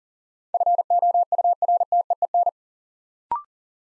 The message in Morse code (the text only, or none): FOURTEEN